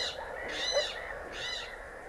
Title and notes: Luhtakana. Viikon luontoäänen esitteli Tuukka Kupiainen